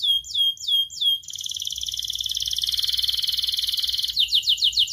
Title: Kenari Gacor Cengkok Terbaik Isian Paling Mewah